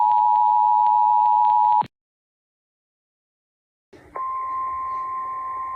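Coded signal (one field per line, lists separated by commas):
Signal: Emergency Alert System (SAME) tones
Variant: 853 and 960 Hz attention tone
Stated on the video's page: Recreation of a tornado emergency EAS alert for Newnan, Georgia, using borrowed EAS tones.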